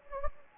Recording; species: mosquito wingbeat signal from an infrared sensor; Anopheles gambiae